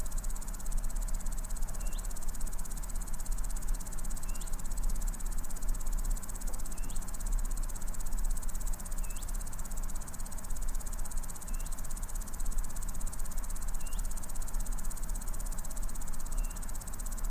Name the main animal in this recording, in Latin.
Omocestus viridulus